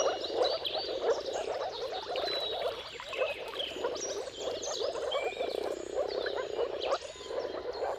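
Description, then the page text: Moor frogs calling together in a soft, pulsing gurgle that swells and dips, with birdsong whistles and trills clearly audible throughout. Moor frogs in a mating chorus at sunrise, at the turn of March and April depending on the weather. "Dawn’s Chorus: Mating Calls of Marsh Frogs at Sunrise. Depending on the weather at the turn of March and April, you can witness an amazing spectacle of moor frogs. Jakub-Orzecki moor frogs"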